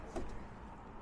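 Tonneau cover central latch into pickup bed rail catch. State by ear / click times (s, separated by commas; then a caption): not seated / none. A red Undercover Elite LX hard tonneau cover on a 2021 Ford F-150 is being pulled down onto the pickup bed, its single central latch headed for the bed rail catch. A low, steady rumble is heard with a short, soft burst near 0.2 seconds. Nothing has seated or clicked yet.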